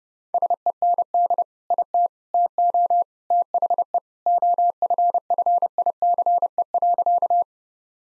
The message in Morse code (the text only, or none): SEND IT TO THE OFFICE.